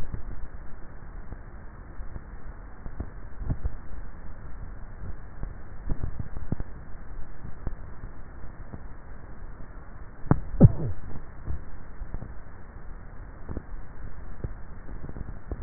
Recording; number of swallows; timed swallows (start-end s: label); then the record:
swallowing sounds by neck microphone; 2
3.38-4.15 s: swallow
5.92-6.45 s: swallow
From the record:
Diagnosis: dysphagia